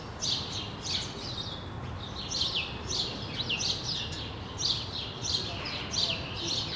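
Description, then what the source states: Sparrow chirps, bright downslurred notes coming in irregular groups, low background noise throughout. Sparrows on Rue de l'épargne, Brussels, Belgium, recorded on World Sparrow Day with Lom mikroUši AB microphones into a Deity PR-2 recorder.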